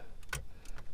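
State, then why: Seated. The bottom electrical connector on the vent/console panel of a 2007 Chrysler Sebring, being reinstalled during a shift cable bushing replacement, is pushed back in using its push tab. A sharp click at 0.3 s, with faint ticks around 0.2, 0.7 and 0.8 s. The connector is seated.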